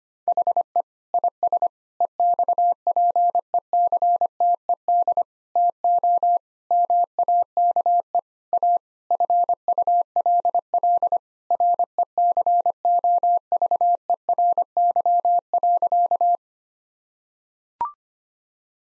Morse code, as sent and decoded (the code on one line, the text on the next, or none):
.... . / .. ... / . -..- .--. . -.-. - . -.. / - --- / -- .- -.- . / .- / ..-. ..- .-.. .-.. / .-. . -.-. --- ...- . .-. -.-- .-.-.-
HE IS EXPECTED TO MAKE A FULL RECOVERY.